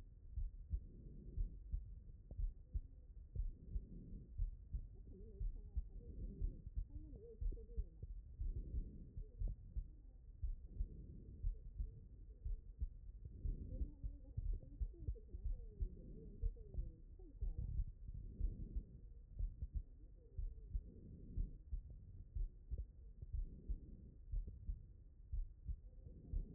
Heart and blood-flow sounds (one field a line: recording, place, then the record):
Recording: heart sounds by stethoscope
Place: pulmonary valve (PV)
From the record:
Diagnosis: non-HFrEF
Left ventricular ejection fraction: 71%